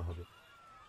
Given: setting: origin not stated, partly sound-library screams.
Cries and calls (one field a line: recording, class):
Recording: one-second piece from a danger detection set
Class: normal situation